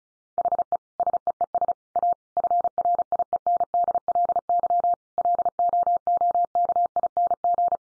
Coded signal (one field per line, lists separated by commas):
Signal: Morse code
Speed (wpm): 34 wpm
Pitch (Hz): 700 Hz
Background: none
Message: HE SEES A FRIENDLY LOOKING